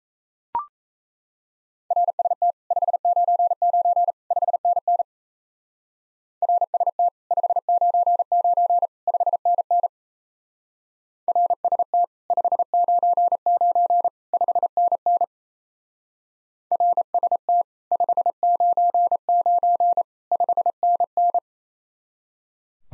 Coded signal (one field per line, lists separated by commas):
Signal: Morse code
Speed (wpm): 32 wpm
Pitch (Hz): 700 Hz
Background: none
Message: RST 599 5NN RST 599 5NN RST 599 5NN RST 599 5NN